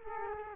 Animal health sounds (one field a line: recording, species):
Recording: mosquito wingbeat signal from an infrared sensor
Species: Culex quinquefasciatus